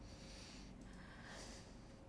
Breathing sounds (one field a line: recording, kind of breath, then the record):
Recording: one breath in and out by a microphone near the nose and mouth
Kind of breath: deep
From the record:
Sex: male